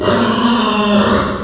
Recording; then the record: squeal of a Yucatan mini pig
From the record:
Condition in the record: after surgery on the right vocal fold (resection and tissue-engineered implant); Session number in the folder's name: 15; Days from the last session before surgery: 175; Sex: female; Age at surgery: 19 weeks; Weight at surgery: 25 kg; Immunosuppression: prednisolone